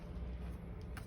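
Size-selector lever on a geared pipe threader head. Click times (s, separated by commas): 1.0 s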